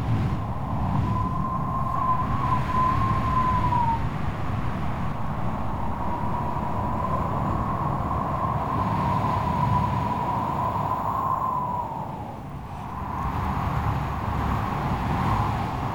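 Strong stormy wind roars steadily with a dense, deep rumble. A thin whistling tone rises and falls above it for most of the clip, easing briefly around twelve seconds before the gusts and whistle return.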